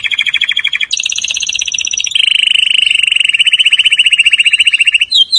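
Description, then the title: Canary song: rapid, even trills, first low then jumping higher, shifting to a long steady rolling trill that ends with a brief twittered flourish. "Kenari"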